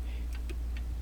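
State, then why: Not seated. A plastic accessory gun is tilted into the hand of a Fans Toys Scoria action figure and turned to pop it into place. Three light plastic ticks come at about 0.3, 0.5 and 0.8 seconds over a steady low hum. Nothing has seated or clicked into place yet.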